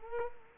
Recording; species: mosquito wingbeat signal from an infrared sensor; Culex quinquefasciatus